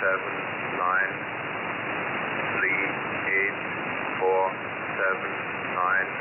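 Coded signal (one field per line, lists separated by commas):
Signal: numbers station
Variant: E06, English male voice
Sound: a man reading short, evenly spaced numbers through steady radio hiss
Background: radio static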